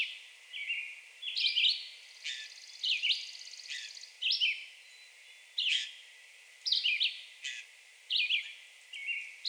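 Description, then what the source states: Red-eyed Vireo singing short whistled phrases, each slurred up or down, repeated roughly every second and a half. Recorded on 2 June 2020.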